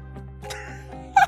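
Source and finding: Adult. Hiccup.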